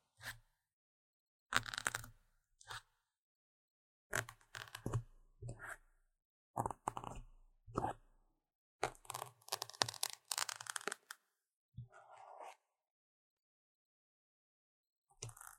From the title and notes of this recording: Tingly Intense Scratching | NO Talking.